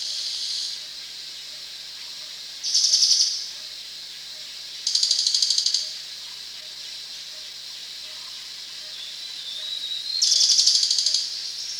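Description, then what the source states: Crested jay rattling calls: four dry, pulsed, high bursts up to about a second long, spaced a few seconds apart, over a steady insect-like hiss. Recorded at Danum on 1 January 2008.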